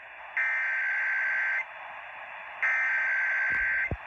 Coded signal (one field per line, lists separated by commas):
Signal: Emergency Alert System (SAME) tones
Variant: header bursts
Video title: 2 HOURS EARLY???? | KSL - AM Required Monthly Test EAS#514